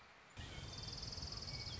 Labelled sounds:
Orange-crowned Warbler
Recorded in Sonoma County, California

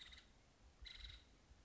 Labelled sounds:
Nuttall's Woodpecker
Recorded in Sonoma County, California

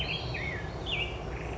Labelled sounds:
Black-headed Grosbeak
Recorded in Sonoma County, California

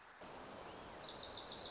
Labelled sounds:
Wilson's Warbler
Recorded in Sonoma County, California

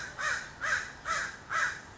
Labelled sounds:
American Crow
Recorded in Sonoma County, California

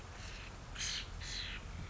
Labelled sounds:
Steller's Jay
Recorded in Sonoma County, California

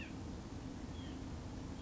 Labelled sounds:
White-breasted Nuthatch
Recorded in Sonoma County, California

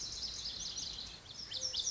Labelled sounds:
Lazuli Bunting
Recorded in Sonoma County, California

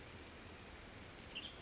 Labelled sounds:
Western Tanager
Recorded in Sonoma County, California

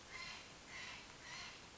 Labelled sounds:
Steller's Jay
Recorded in Sonoma County, California

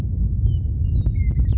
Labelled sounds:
Western Meadowlark
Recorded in Sonoma County, California

